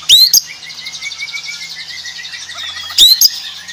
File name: Suara Jernih murai aceh gacor speed rapat